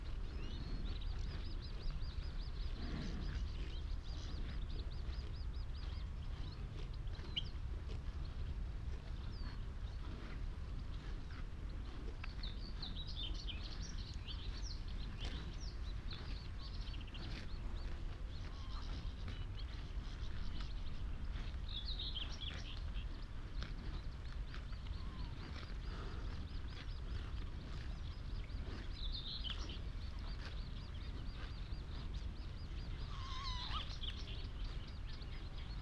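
An open marsh soundscape on Higham Marshes on a warm May afternoon. A steady low rumble runs throughout, likely a far-off engine or boat. Bird calls come in short bright bursts every few seconds, clustering around 14–16, 22, 29 and 33 seconds.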